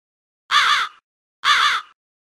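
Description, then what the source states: Crow giving two harsh, hoarse caws about one second apart, each lasting roughly half a second, with silence between and nothing else audible. Recorded in a cave.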